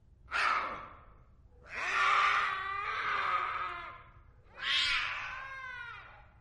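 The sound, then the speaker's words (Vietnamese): A cat bares its sharp, pointed teeth and hisses, screeching and yowling in three loud, drawn-out cries, the middle one longest, each harsh and strained with a wavering, high-pitched wail and no one talking. “Nó ngoác miệng nhe hàm răng sắc lẹm, nhọn hoắt ra, rồi rít lên.”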